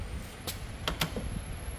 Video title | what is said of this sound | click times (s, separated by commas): BATTERY ALWAYS DRAIN OVER NIGTH?? HOW TO CHECK CURRENT LEAK IN THE SYSTEM /BASIC CHECK FOR YOU | ayan naka-lock na siya | 0.9 s, 1.0 s